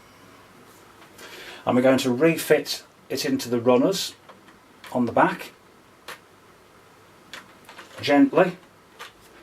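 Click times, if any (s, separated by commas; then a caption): 7.3 s. Someone talks while a plastic cyclone/bin assembly is refitted into the runners on the back of a Dyson V6 or V8 cordless vacuum and slid down. A short, sharp click is heard at 7.3 s, followed by a softer tap, and the assembly is seated home.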